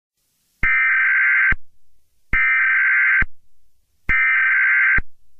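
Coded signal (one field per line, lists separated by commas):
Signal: Emergency Alert System (SAME) tones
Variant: header bursts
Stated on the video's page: EAS alert sound used for national emergencies or station alert tests.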